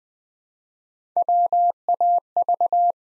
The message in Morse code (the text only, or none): WAV